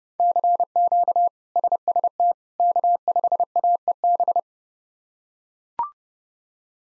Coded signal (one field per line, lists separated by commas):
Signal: Morse code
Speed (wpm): 30 wpm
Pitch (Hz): 700 Hz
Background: none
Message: CQ SST K5AEB